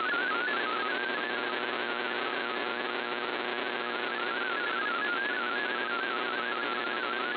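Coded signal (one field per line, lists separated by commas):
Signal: multi-tone FSK (Olivia or MFSK type)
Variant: MFSK16 or MFSK32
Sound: rapid warbling single tone hopping quickly among nearby pitches, continuous, over hiss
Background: shortwave radio static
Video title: VOA Radiogram 20160213 1600 UTC 17580 kHz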